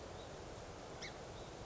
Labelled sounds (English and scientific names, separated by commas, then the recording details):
Song Sparrow (Melospiza melodia)
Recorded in Sonoma County, California